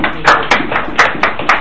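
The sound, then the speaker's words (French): A church audience applauds for a brother, a steady wash of clapping with sharper claps standing out about every quarter second, fairly loud throughout and with no voices over it. “Applaudissez pour le frère.”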